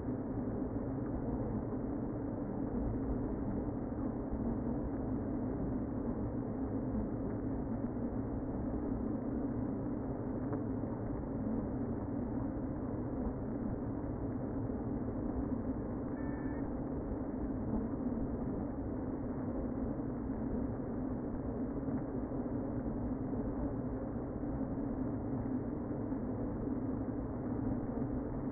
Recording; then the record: honeybee colony, microphone inside the hive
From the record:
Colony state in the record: queen present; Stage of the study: before two queens were removed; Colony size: about 60,000 bees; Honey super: yes